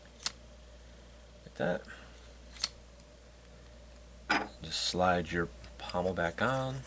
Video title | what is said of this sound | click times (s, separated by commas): Star Wars Kit Fisto Force FX Lightsaber Review | your arrow up with that triangle inside you'll feel it you feel it click like | 0.3 s